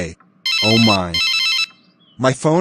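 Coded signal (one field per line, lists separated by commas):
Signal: none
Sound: phone ringtone beeps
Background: speech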